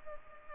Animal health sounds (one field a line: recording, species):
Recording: mosquito wingbeat signal from an infrared sensor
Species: Culex pipiens